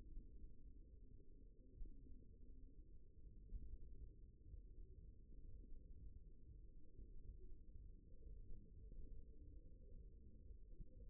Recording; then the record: forearm muscle sounds (acoustic myography)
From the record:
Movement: index flexion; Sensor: system 1, eight BSWA MPA416 microphones around the upper forearm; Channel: 4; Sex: male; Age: 54 years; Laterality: right